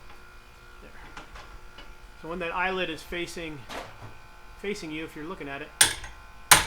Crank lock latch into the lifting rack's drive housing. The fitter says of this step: this just pops right in here.